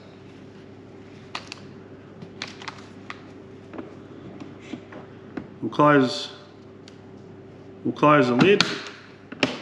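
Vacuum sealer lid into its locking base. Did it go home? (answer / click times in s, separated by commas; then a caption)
yes / 9.3 s, 9.4 s. Someone talks while the plastic lid of a KickAss 12V & 240V vacuum food sealer is closed over the bag end resting on the heater element, with a few light taps heard earlier. The lid is pressed down until it latches into its locking base, giving two clicks at 9.3 s and 9.4 s, and it is seated.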